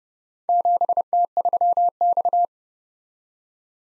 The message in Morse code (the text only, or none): 7T3X